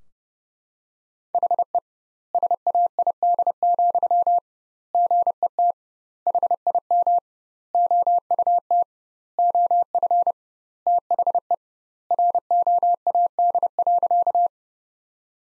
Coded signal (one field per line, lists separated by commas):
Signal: Morse code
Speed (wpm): 30 wpm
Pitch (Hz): 700 Hz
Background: none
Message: HE SAID, GET HIM OUT OF THE ROAD.